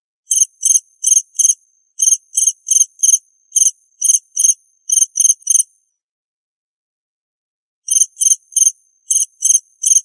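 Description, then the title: Cricket chirping in rapid high pulses, many in quick groups, then a pause of about two seconds before a final run of chirps. "suara Hujan Guntur Suara Jangkrik Dan Burung"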